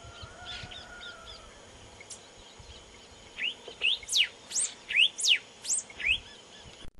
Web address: cantos cardeamarillo